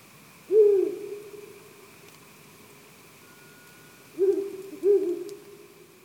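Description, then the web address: Owl hooting: a low hoot near the start, then two more hoots close together after a pause, over a steady faint hum. Recorded 6 July 2017 in Tsubetsu. "shiryo koe fukuro 170706 tsubetsu hanada"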